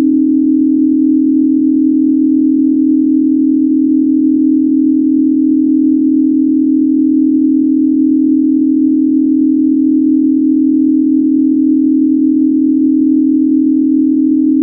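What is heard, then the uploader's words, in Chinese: A 40Hz brainwave tone: one steady, mid-low hum that holds the same pitch and loudness for the whole fifteen seconds. It is smooth and unchanging, with a faint deeper murmur underneath and nothing else in the background. 专注力提升40Hz丨脑波。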